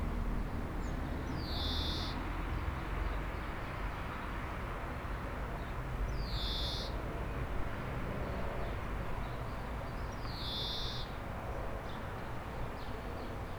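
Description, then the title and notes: Common chaffinch calls: three short rising whistled notes repeated roughly every four to five seconds against a steady low rumble. Aix-les-Bains, France; singing in a tree while preening, with a short sequence unlike its usual refrain. "30 Rue Eugène Fert, 73100 Aix-les-Bains, France - Pinson des arbres. Un pinson chante dans un arbre et je le vois faire sa toilette, une petite séquence différente de sa ritournelle habituelle"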